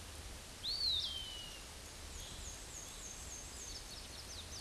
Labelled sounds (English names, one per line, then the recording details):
Black-and-white Warbler song
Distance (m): 55 m
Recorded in a Pennsylvania forest on 18 May 2023 at 11:16
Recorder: AudioMoth, point grid1_19_low
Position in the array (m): 51 m, 219 m